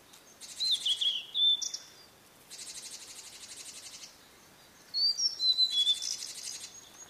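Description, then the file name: Blue-and-white flycatcher song: two high whistled phrases with slurred notes, separated by a burst of pulsing insect sound. "oruri"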